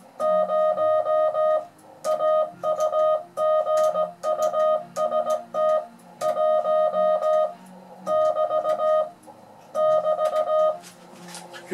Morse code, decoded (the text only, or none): 0 AUGUST 1 <BT> <BT>